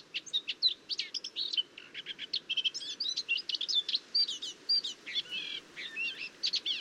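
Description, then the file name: Eurasian blackcap singing a continuous, fast warble of varied high notes, scratchy chirps mixed with a few clear whistled tones, running without a break. "Sylvia atricapilla"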